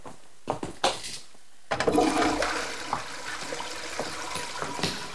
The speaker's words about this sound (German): Hier, spül den Schutt runter und drück ein paar Mal die Spülung. In der Zeit mache ich ein paar feste Schläge.